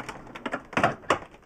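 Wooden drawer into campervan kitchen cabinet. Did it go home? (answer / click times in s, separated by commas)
yes / 1.1 s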